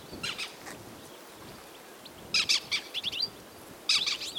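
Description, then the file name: European goldfinch calls, short bright twittering bursts in three clusters, each a quick run of liquid chirps, over a soft steady background hiss. "chardonneret elegant - carduelis carduelis"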